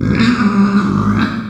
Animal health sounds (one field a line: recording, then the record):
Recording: squeal of a Yucatan mini pig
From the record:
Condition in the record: after surgery on the right vocal fold (resection and tissue-engineered implant)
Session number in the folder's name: 11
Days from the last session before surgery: 98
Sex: female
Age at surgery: 19 weeks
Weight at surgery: 25 kg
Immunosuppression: prednisolone